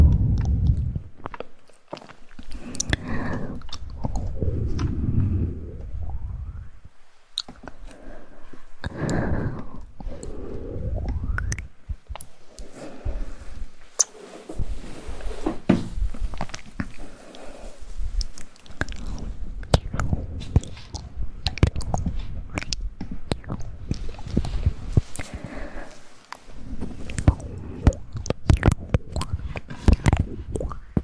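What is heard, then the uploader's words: Wet mouth sounds fill the recording: chewing, soft smacks and clicks, with sharp crackling snaps scattered densely throughout. Low, squishy rumbles swell and fade in irregular bursts, and short quiet gaps fall near two, seven and twenty-six seconds. ASMR Mouth Sounds.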